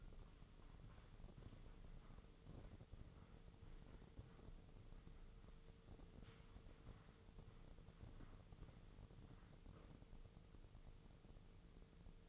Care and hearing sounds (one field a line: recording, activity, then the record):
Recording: daily activity, microphone in the room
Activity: walk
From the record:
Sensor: 4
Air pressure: 996.7 hPa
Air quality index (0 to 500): 244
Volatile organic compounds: 385 ppm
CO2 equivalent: 4647 ppm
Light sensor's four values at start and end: 51/125/52/52 and 51/125/52/52